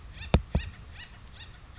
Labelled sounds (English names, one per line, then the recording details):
Acorn Woodpecker
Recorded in Sonoma County, California